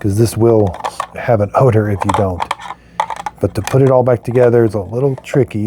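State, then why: Not seated. Someone talks while the dirty water chamber of a Dyson V16 Submarine is handled back toward the rinsed wet cleaner head for reassembly, with a short burst of sharp handling knocks around 3.0 to 3.3 s in a pause in the talking. Nothing has clicked into place or seated yet.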